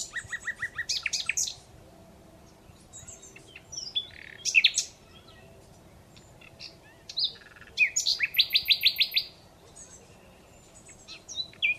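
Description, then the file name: Common Nightingale song in short, varied phrases: rapid repeated high notes, sharp chips and whistled slurs, separated by brief pauses, with faint steady background hum. "Luscinia megarhynchos"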